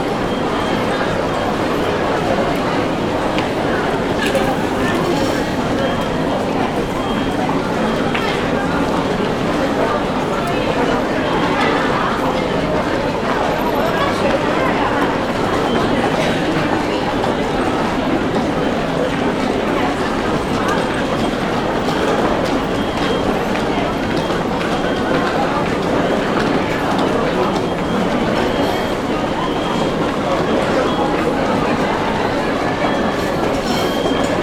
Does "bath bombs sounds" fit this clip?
no